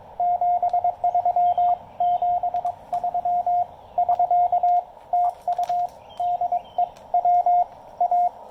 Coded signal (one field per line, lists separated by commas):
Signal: Morse code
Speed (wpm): 22 wpm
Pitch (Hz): 710 Hz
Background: radio noise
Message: 73 73 <SK> TU DE WA